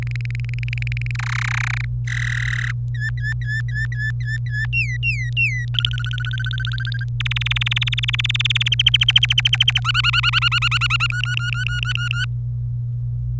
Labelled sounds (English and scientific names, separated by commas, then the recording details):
Domestic Canary (Serinus canaria) song
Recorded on 25 April 2018 at 14:49
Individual llb3